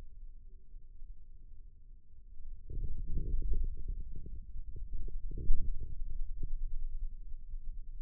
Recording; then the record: forearm muscle sounds (acoustic myography)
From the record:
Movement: radial deviation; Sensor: system 2, bracelet of six BSWA MPA416 microphones around the upper forearm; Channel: 4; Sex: male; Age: 22 years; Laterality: right